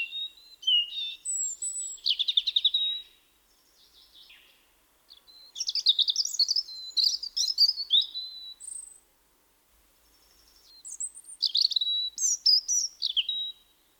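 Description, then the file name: European robin singing three separate phrases of varied high twittering and thin whistles, each a few seconds long, with brief silent pauses between them. "vorosbegy"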